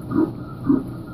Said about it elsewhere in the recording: They share the sounds of their heart beating, telling you they're alive and growing. An unborn baby's heart is already beating at just 3 weeks. By 5 weeks, you can hear that heartbeat on ultrasound.